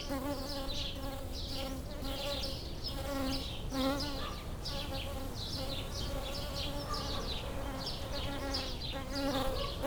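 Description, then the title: Bumblebee droning steadily, the hum wavering in pitch over ten seconds. Bumblebees approaching flowering lavender, recorded with a pair of microphones placed in the lavender plant. "Abejorros En Flor"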